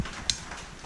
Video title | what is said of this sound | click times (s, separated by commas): Honda K20 Oil pump and 50 Degree VTC gear in the K24 | there's one click | 0.3 s